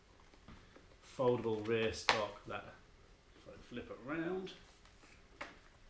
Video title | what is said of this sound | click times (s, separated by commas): ISSC MK22 .22LR CUSTOM (SCAR clone) review | locks into place like so | 5.4 s